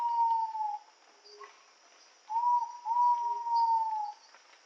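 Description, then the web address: Ivory-breasted pitta whistled call: one falling whistle, then a short note followed by a long, slightly falling whistle, over a steady high insect hum. Indonesia. "ULM-DS-Lab indonesian-bird-sounds. Pitta maxima"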